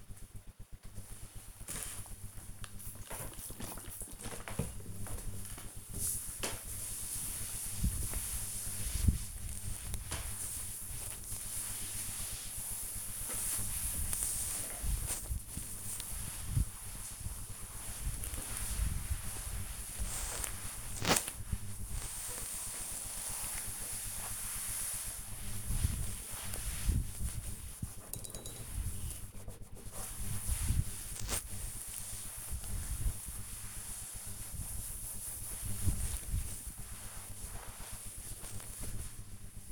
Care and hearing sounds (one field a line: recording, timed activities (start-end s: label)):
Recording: household activities, microphone on the right wrist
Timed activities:
0.21-39.72 s: cleaning table